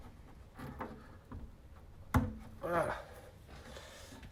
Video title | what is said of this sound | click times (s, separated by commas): vidéo SEP génie thermique | Ça a bien clipsé. | 2.1 s